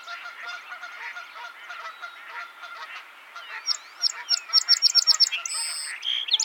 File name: Melospiza melodia - Song Sparrow